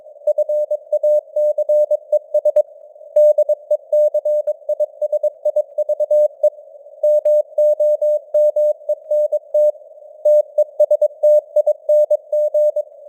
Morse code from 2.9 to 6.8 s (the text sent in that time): DECISIVE